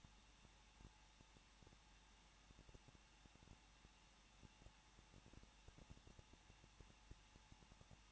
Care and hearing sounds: daily activity, microphone in the room; no activity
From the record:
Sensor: 1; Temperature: 20.1 degrees Celsius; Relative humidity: 39.0%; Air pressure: 1006.5 hPa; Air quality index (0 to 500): 216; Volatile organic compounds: 71 ppm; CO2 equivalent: 3532 ppm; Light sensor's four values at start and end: 1/2/1/1 and 1/2/1/1

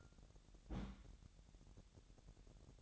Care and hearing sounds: daily activity, microphone in the room; place on stove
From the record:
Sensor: 3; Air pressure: 1012.0 hPa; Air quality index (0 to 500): 210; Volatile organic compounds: 4 ppm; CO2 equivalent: 1569 ppm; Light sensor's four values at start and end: 112/265/110/100 and 112/265/110/100

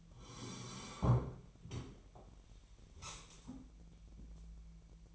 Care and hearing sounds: daily activity, microphone in the room; sit down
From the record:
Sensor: 1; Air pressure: 1001.8 hPa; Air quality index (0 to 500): 248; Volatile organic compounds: 120 ppm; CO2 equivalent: 3875 ppm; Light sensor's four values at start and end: 12/29/12/14 and 12/29/12/14

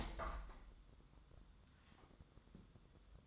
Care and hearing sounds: daily activity, microphone in the room; open window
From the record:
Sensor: 3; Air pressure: 1004.6 hPa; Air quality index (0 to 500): 104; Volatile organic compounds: 4 ppm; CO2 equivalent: 1625 ppm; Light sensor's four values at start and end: 7/16/6/6 and 7/17/7/6

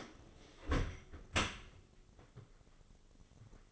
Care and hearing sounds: daily activity, microphone in the room; close dishwasher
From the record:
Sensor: 4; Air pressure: 996.6 hPa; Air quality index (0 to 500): 87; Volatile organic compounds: 4 ppm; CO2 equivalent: 1679 ppm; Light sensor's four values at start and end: 21/56/22/24 and 19/53/20/22

